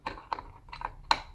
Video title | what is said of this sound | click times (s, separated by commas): How to replace center console buttons in Kia Sportage | Next, reconnect the electrical connector. Push it in until you hear a click. | 1.1 s